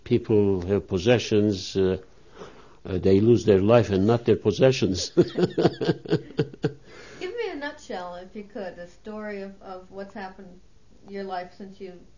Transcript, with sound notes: People have possessions, they lose their life and not their possessions. ( he laughs )
Give me in a nutshell if you could the story of what's happened with your life since you